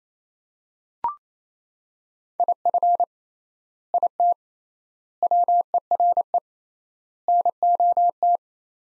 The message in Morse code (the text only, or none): IF IT WERE NOT